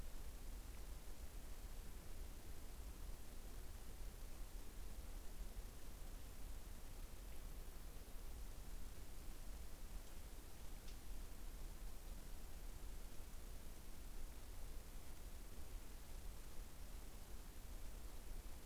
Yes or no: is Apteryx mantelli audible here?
no